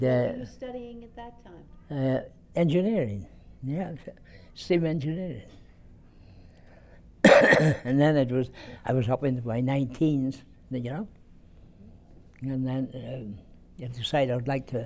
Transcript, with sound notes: What were you studying at that time?
Uh, engineering, yeah. Steam engineering. (He coughs) And then it was, I was up in my nineteens, you know. And then I decided I would like to,